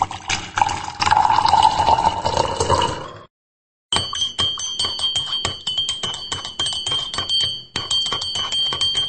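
Early-morning coffee pours into a cup for about three seconds, its gurgling pitch rising as it fills. After a short silence, bright ringing, bell-like clinks follow steadily with no talking.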